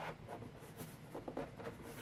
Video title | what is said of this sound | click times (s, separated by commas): XBOX One S Unboxing and Initial Review | Hold on. Hear that? That's one click. | 1.3 s, 1.4 s